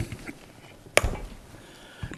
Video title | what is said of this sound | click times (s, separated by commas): Broadcasting station GSM crimp tool | you hear that click | 1.0 s